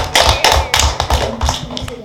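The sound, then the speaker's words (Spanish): Loud, sharp claps arrive in a steady, rhythmic series, roughly three per second, like a crowd clapping together in time, applauding a correct quiz answer. No one speaks. “¡Fuerte aplauso!”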